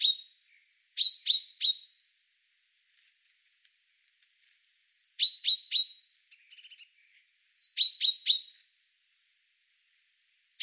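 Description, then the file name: Common chaffinch calling with short, bright, clipped notes in clusters of a few, separated by quiet gaps of several seconds. "Fringilla coelebs"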